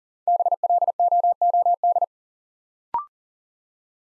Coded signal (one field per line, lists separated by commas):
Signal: Morse code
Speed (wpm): 41 wpm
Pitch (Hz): 700 Hz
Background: none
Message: BLOOD